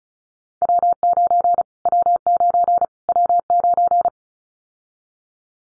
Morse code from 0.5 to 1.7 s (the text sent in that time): W9